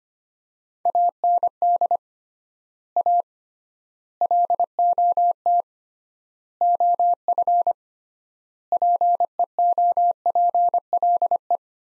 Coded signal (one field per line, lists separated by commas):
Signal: Morse code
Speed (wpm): 25 wpm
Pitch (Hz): 700 Hz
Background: none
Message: AND A LOT OF PEOPLE